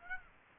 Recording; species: mosquito wingbeat signal from an infrared sensor; Aedes aegypti